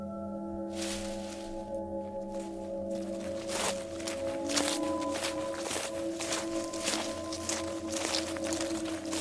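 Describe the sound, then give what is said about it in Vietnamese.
Irregular crunchy footsteps of a person walking behind shuffle over dry leaves, a string of soft rustling scrapes heard over a steady low humming drone that runs throughout. “Tiếng bước chân loẹt quà loẹt quẹt dẫm lên trên lá cây, nghe rõ lắm.”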